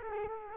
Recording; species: mosquito wingbeat signal from an infrared sensor; Culex quinquefasciatus